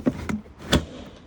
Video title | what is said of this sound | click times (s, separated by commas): Autocruise Starfire Handover video | push it all the way back home. Make sure that you go over that little lip so you hear that little click noise | 0.7 s